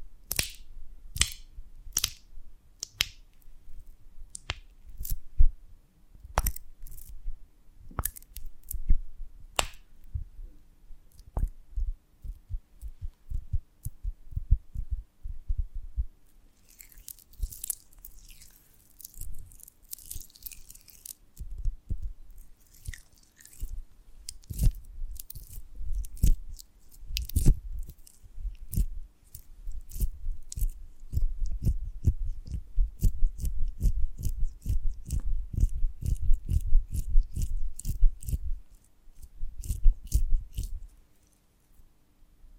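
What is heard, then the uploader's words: Sticky honeycomb on a branch is bitten and chewed, with sharp crunching snaps and wet clicks. Sparse, spaced bites come first, then from about seventeen seconds the chewing grows dense and rapid, with a low thudding underneath and soft squishy sounds between crunches. ASMR of a Honeycomb on Branch (No Talking).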